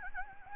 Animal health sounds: mosquito wingbeat signal from an infrared sensor; Anopheles gambiae

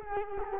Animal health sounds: mosquito wingbeat signal from an infrared sensor; Culex quinquefasciatus

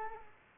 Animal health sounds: mosquito wingbeat signal from an infrared sensor; Culex quinquefasciatus

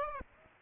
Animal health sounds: mosquito wingbeat signal from an infrared sensor; Aedes aegypti

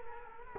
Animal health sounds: mosquito wingbeat signal from an infrared sensor; Culex quinquefasciatus

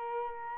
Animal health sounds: mosquito wingbeat signal from an infrared sensor; Culex quinquefasciatus

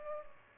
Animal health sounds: mosquito wingbeat signal from an infrared sensor; Culex pipiens

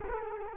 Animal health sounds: mosquito wingbeat signal from an infrared sensor; Culex quinquefasciatus

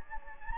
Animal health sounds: mosquito wingbeat signal from an infrared sensor; Anopheles gambiae

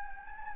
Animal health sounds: mosquito wingbeat signal from an infrared sensor; Anopheles gambiae

